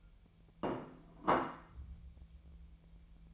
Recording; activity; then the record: daily activity, microphone in the room; place plate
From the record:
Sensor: 1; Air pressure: 1000.3 hPa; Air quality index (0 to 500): 145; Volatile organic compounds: 3 ppm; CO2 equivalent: 1366 ppm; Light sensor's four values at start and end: 30/74/31/38 and 30/74/31/38